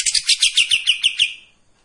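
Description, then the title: Streak-eared bulbul song: a quick run of about nine sharp, bright chirps, each dropping in pitch, fading away after about one and a half seconds. Sings energetically in tembakan and long besetan styles; intended as a training song for white-rumped shamas. "KAPAS TEMBAK GACOR TEMBAKAN DAN BESETAN PANJANG MASTERAN MURAI BATU PASTOL"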